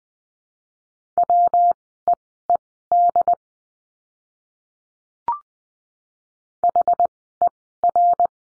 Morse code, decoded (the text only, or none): WEED HER